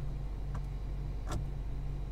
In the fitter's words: it snaps into place all right guys